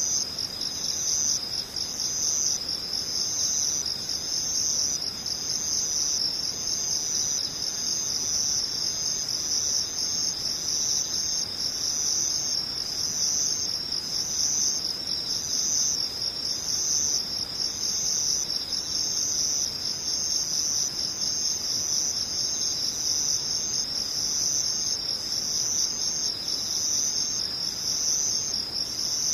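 Insects trill without pause for the whole half minute, a dense, high, cricket-like chirring that pulses rapidly and evenly. The sound stays at one steady level throughout, over a faint low hiss of background noise and no other events.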